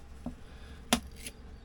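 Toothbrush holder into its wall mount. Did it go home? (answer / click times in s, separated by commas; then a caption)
yes / 0.9 s. A spring-loaded plastic toothbrush holder in a caravan bathroom, used for the kids' toothbrushes, is pulled out and released from its wall mount. A faint tap comes at 0.3 s and a sharp snap at 0.9 s as it springs back, then a softer, brighter click near 1.3 s. The holder snaps back into place at 0.9 s and is seated.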